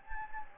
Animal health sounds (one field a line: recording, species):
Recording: mosquito wingbeat signal from an infrared sensor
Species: Anopheles gambiae